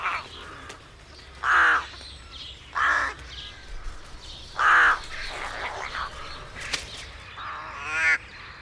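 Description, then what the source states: Rook calls, a few loud strangled-sounding notes at irregular intervals, with quieter mutterings in between. Range of sounds made around the rookery, from soft mutterings to higher strangled-sounding notes; rookery on the main street in Belcoo, County Fermanagh, during nest building.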